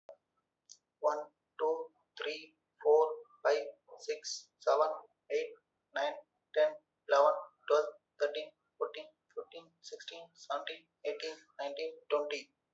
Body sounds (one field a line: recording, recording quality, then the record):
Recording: counting at a normal pace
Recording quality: excellent, no background noise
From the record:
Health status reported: healthy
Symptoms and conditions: none ticked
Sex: male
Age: 30 years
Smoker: not ticked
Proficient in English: yes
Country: India